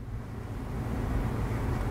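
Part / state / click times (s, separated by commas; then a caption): lens hood onto telephoto lens bayonet / not seated / none. A lens hood is lined up with the dot on the barrel of a Nikon Nikkor Z 70-200 mm f/2.8 VR S telephoto lens and twisted counterclockwise on its bayonet toward its lock. Only a steady low rumbling noise is heard, growing slightly louder over the 1.9 seconds. Nothing has seated or clicked yet; the hood has not snapped home.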